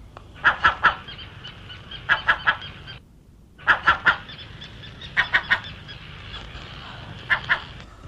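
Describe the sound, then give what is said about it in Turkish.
A crow caws in harsh, raspy bursts, usually three quick calls at a time, repeating in five clusters with short pauses between them. No one speaks. “Güzel gri siyah tüylü, kanatlı kardeşleriniz arasına karışan bir karga.”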